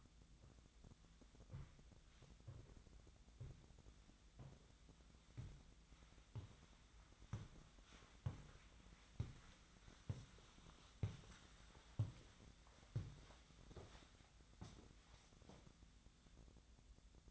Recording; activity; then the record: daily activity, microphone in the room; walk to room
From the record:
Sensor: 3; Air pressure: 1010.0 hPa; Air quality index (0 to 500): 184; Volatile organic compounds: 13 ppm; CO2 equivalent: 2402 ppm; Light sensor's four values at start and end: 41/101/43/47 and 38/96/41/44